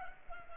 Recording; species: mosquito wingbeat signal from an infrared sensor; Culex pipiens